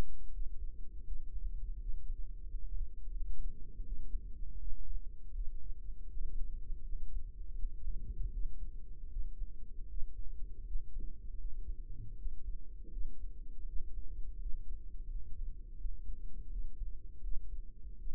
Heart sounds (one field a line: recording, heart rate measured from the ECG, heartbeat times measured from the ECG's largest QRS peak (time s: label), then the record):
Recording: heart sounds by microphone in the right ear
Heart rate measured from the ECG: 82 bpm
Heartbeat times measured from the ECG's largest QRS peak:
0.29 s: heartbeat
1.03 s: heartbeat
1.76 s: heartbeat
2.45 s: heartbeat
3.11 s: heartbeat
3.81 s: heartbeat
4.56 s: heartbeat
5.31 s: heartbeat
6.07 s: heartbeat
6.82 s: heartbeat
7.54 s: heartbeat
8.28 s: heartbeat
9.07 s: heartbeat
9.85 s: heartbeat
10.62 s: heartbeat
11.36 s: heartbeat
12.14 s: heartbeat
12.88 s: heartbeat
13.63 s: heartbeat
14.36 s: heartbeat
15.05 s: heartbeat
15.75 s: heartbeat
16.47 s: heartbeat
17.19 s: heartbeat
17.95 s: heartbeat
From the record:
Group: healthy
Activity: rest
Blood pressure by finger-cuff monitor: 104/57 mmHg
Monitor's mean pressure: 72 mmHg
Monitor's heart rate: 80 bpm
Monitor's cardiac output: 7 L/min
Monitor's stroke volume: 87 mL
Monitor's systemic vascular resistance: 720 dyn s/cm5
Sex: female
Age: 26 years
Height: 165 cm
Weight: 55 kg